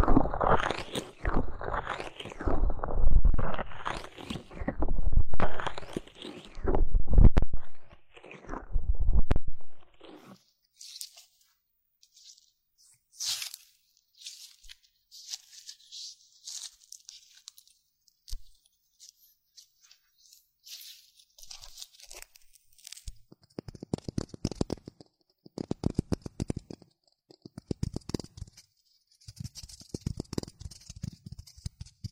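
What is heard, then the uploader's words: Ear cleaning and massage sounds: heavy, muffled rubbing and crackling fill the first ten seconds in dense, swelling bursts. After that it turns sparse, with light scratchy rustles and soft taps, then from about 23 seconds a faint high hiss runs beneath quick, crackly scrapes. High-frequency trigger sound, strong numbing and stress-relieving ear cleaning massage.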